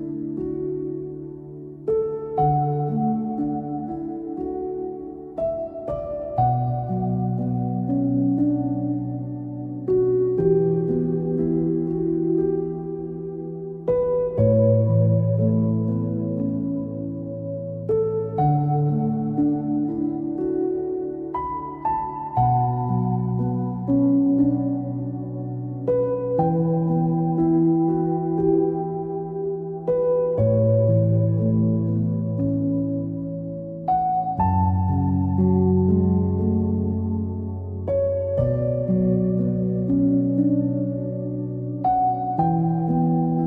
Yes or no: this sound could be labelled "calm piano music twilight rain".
yes